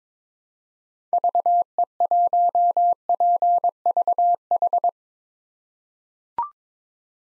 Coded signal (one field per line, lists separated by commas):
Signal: Morse code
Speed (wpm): 22 wpm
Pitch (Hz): 700 Hz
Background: none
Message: VE1PVH